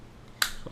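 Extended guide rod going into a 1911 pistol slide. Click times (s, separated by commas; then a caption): 0.4 s. An extended guide rod is pressed past a small pin into the slide of a Metro Arms 1911 pistol and snaps into position. A single sharp metallic click at 0.4 s, followed by a faint softer sound at about 0.7 s. The guide rod seats in place.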